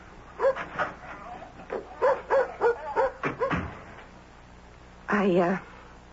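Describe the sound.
People talk for several seconds, then after a short pause a dog gives one loud, drawn-out, high-pitched bark on its own.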